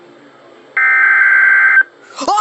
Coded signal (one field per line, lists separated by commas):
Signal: Emergency Alert System (SAME) tones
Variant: header bursts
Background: speech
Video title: IT BEGINS... | EAS Capture #23